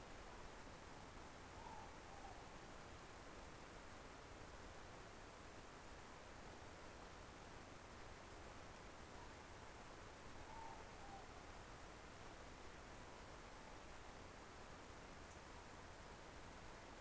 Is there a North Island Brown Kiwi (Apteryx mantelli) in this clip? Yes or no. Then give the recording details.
no. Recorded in New Zealand on 17 November 2013. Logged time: 03:42. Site BS16